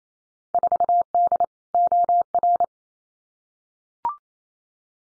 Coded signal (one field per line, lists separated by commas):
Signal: Morse code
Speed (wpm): 28 wpm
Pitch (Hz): 700 Hz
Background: none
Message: 4D OR